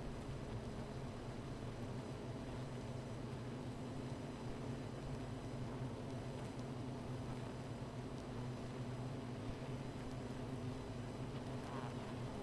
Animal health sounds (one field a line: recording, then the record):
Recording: honeybee colony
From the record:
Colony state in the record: missing queen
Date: 14 July 2017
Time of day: 13:47